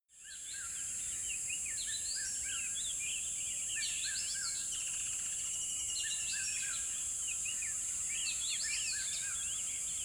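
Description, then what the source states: Birds fade in and chirp busily, quick jagged notes and one long drawn whistle, while a continuous high hiss runs underneath. Birds in a river bed at dawn, with chirping increasing.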